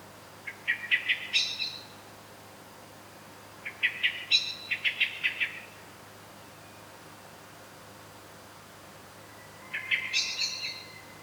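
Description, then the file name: Eurasian blackbird giving rapid, rising chattering phrases of clipped notes, three bursts a few seconds apart. "Turdus merula"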